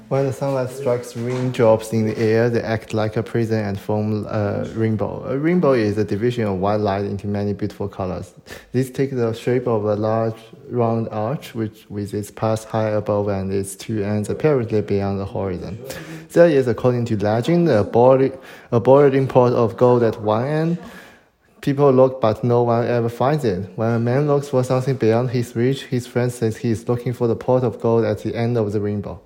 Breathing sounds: reading aloud after running; male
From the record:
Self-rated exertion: light exertion (2 of 6); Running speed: 7 miles an hour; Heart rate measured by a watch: 100 beats a minute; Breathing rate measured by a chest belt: 18 breaths a minute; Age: 23 years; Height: 172 cm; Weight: 73 kg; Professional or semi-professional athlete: no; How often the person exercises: 3 to 5 times a week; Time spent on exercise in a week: over 5 hours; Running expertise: yes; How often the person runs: 3 to 5 times a week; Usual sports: running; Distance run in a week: 40 km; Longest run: 20 km

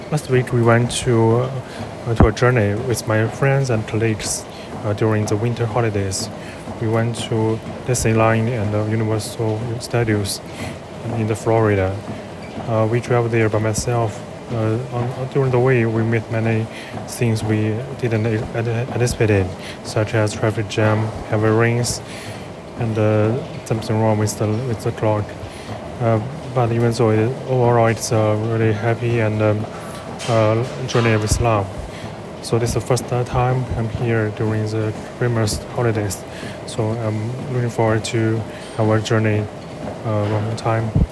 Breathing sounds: free speech after running; male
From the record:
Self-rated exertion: very light exertion (1 of 6); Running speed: 5 miles an hour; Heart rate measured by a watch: 128 beats a minute at the start, 126 at the end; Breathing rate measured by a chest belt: 12 breaths a minute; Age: 33 years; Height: 178 cm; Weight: 73 kg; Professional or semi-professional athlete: no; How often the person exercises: 1 to 2 times a week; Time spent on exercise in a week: under 1 hour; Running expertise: no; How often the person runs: under once a week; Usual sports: tennis

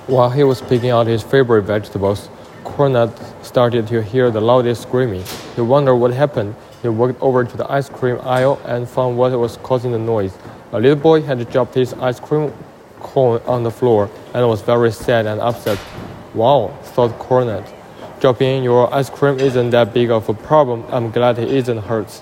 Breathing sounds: reading aloud after running; male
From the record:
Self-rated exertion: light exertion (2 of 6); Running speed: 6 miles an hour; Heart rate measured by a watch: 116 beats a minute at the start, 122 at the end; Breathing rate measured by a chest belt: 13 breaths a minute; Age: 24 years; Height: 183 cm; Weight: 71 kg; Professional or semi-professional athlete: no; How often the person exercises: 1 to 2 times a week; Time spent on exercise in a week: under 1 hour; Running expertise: no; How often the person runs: under once a week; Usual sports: tennis

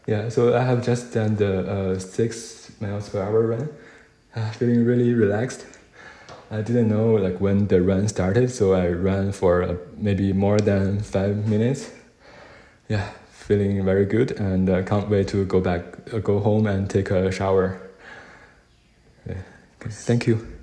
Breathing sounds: free speech after running; male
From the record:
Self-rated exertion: moderate exertion (3 of 6); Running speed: 6 miles an hour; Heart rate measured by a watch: 150 beats a minute at the start, 145 at the end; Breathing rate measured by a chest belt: 23 breaths a minute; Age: 31 years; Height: 178 cm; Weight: 72 kg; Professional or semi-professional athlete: no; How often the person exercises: 3 to 5 times a week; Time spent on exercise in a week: 2 to 3 hours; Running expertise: yes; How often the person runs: 3 to 5 times a week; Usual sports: running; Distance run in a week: 5 km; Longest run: 10 km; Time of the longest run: 65 minutes

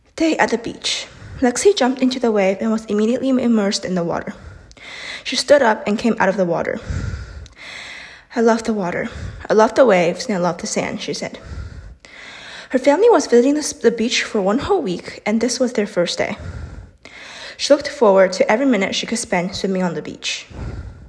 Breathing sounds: reading aloud after running; female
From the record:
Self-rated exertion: moderate exertion (3 of 6); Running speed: 5 miles an hour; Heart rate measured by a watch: 158 beats a minute at the start, 149 at the end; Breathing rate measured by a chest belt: 17 breaths a minute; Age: 18 years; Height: 171 cm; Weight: 75 kg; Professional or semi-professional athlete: no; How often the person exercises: 1 to 2 times a week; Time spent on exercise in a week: under 1 hour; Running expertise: no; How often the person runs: 1 to 2 times a week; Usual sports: running, fencing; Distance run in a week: 3 km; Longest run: 21.3 km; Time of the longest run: 190 minutes

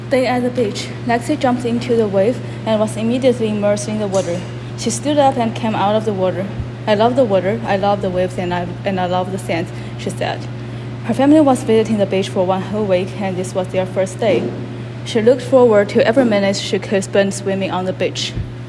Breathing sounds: reading aloud after running; female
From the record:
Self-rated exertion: vigorous exertion (4 of 6); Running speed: 9 miles an hour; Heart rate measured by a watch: 151 beats a minute at the start, 131 at the end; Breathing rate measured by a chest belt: 27 breaths a minute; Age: 28 years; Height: 155 cm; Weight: 44 kg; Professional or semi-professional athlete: no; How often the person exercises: 3 to 5 times a week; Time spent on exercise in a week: over 5 hours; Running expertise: yes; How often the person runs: 3 to 5 times a week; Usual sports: running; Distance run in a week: 45 km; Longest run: 32 km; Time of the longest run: 200 minutes

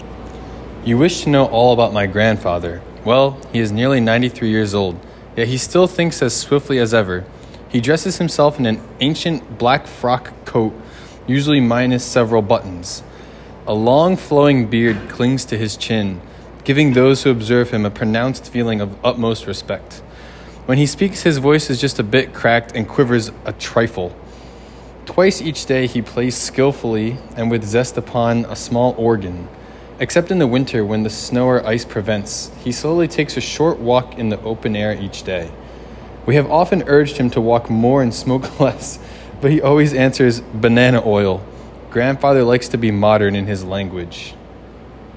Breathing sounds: reading aloud after running; male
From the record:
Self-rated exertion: very light exertion (1 of 6); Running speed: 5 miles an hour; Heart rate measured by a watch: 104 beats a minute at the start, 109 at the end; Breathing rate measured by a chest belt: 18 breaths a minute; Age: 27 years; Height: 188 cm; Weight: 79 kg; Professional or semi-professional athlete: no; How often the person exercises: 3 to 5 times a week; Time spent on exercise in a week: 3 to 4 hours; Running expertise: yes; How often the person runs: 1 to 2 times a week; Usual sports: running, tennis, rock climbing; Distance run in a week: 10 km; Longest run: 42 km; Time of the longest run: 220 minutes

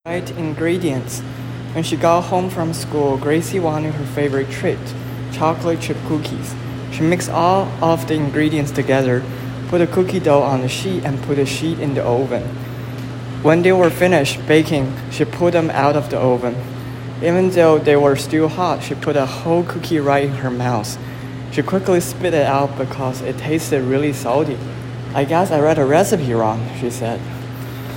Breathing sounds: reading aloud after running; male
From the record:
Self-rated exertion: vigorous exertion (4 of 6); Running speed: 10 miles an hour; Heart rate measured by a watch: 136 beats a minute at the start, 112 at the end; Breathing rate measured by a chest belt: 30 breaths a minute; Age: 24 years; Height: 175 cm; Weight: 56 kg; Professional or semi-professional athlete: no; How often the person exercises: over 5 times a week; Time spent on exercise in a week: over 5 hours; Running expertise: yes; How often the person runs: over 5 times a week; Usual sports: running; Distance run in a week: 60 km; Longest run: 43 km

